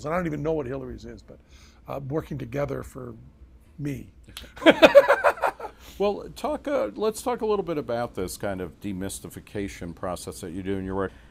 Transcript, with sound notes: And I don't even know what Hillary's is, but…"Working together for me." *laughs*
Well, talk—let's talk a little bit about this kind of demystification process you do in your work.